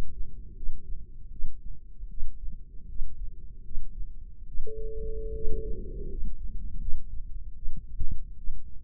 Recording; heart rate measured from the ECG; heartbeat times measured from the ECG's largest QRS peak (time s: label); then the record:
heart sounds by microphone in the left ear; 77 bpm
0.54 s: heartbeat
1.30 s: heartbeat
2.08 s: heartbeat
2.86 s: heartbeat
3.62 s: heartbeat
4.45 s: heartbeat
5.32 s: heartbeat
6.07 s: heartbeat
6.78 s: heartbeat
7.54 s: heartbeat
8.35 s: heartbeat
From the record:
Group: healthy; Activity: rest 0-3 s, Valsalva maneuver 3-9 s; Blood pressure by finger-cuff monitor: 126/67 mmHg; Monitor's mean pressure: 84 mmHg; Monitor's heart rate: 77 bpm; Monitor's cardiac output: 7.4 L/min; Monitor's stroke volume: 93 mL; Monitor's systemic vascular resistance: 850 dyn s/cm5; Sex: female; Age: 22 years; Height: 154 cm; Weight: 58.7 kg